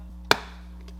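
A second sharp plastic spike is pushed into the hole on the other side of an all-weather floor mat and snaps in with one loud, sharp snap at 0.3 s over a steady low hum. Two faint soft taps follow near 0.8 and 0.9 s, and the spike is confirmed seated in the mat.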